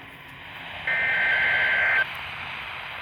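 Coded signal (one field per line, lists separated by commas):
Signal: Emergency Alert System (SAME) tones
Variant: header bursts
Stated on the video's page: NOAA Weather Radio required weekly test issued by the Los Angeles–Oxnard weather service station.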